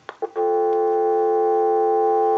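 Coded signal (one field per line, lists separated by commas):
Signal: telephone call progress tone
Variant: North America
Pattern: dial tone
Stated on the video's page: Heard during checkout and repair of AT&T 2554 and Trimline telephones.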